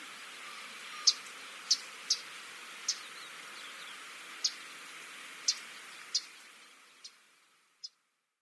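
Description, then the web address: Common yellowthroat calling with dry, clipped chips, about nine notes spaced unevenly, over faint hiss that drops away near the end. Reference recording of calls, Yanagawa, Ibaraki, 24 March 2017. "shiryo koe kaoguroamerika 170324 ibaraki yanagawa"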